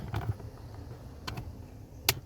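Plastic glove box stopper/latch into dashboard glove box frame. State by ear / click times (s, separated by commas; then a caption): seated / 2.1 s. After reinstalling the cabin air filter in a 2020 Toyota Hilux Conquest, a plastic glove box retaining piece is turned toward the engine into the dashboard glove box frame. A few soft knocks and handling taps come around 0.1–0.3 s and 1.3 s, then a sharp, loud snap at 2.1 s as the piece snaps into place and seats.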